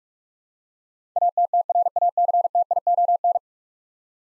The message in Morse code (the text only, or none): ATTRACTION